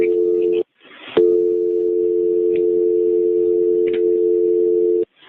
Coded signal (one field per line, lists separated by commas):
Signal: telephone call progress tone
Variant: North America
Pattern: dial tone